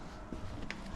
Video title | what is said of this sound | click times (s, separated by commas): Pandemic FC RX7 Gets a Custom Roll Bar | basically just kind of clicks right into place just like that | 0.7 s